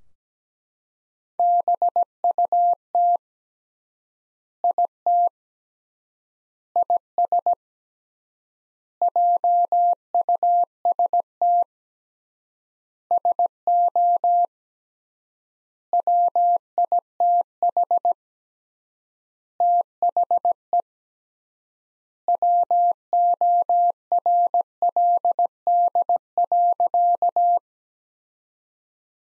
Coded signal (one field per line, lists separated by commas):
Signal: Morse code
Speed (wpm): 17 wpm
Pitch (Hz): 700 Hz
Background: none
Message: BUT IT IS JUST SO WITH THE WORLD.